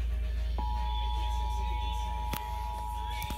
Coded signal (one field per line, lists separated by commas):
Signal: Emergency Alert System (SAME) tones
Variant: 853 and 960 Hz attention tone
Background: music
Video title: Pennsylvania Required Monthly Test 9/16/21 EAS#181-187